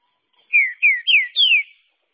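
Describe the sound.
Green-winged saltator song: four strong, clean whistled notes, each slurring downward, delivered evenly in under two seconds against silence.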